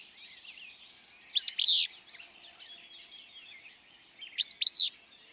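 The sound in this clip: Willow flycatcher song, two loud raspy, explosive phrases about three seconds apart, each with a clipped note then a burry slur, with faint bird chatter behind.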